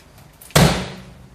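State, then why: Seated. A spanner, positioned low to the ground and pointing forwards, is used as a lever to engage a leg-lifting latch mechanism. After a faint tap at 0.4 s, a loud, sharp click lands at 0.6 s and rings down over the next half second. The latch is confirmed seated and on.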